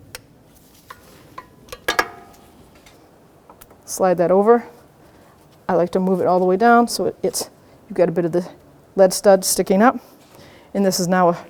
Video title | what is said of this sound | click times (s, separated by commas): How to Replace Crankshaft Position Sensor 2014-2019 Toyota Corolla 1.8L | And then push till you hear the click. | 1.9 s, 2.0 s